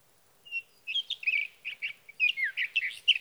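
Sage thrasher singing, opening with a lone thin note, then a hurried, jumbled stream of sweet warbles and quick slurs that keeps going to the end.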